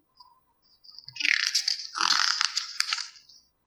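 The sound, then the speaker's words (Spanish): A wooden bell at a school entrance clatters in two dry, rattling bursts of quick knocks, bright and fairly loud, with a brief pause between them and no voices. “Campana de palo en la entrada suena.”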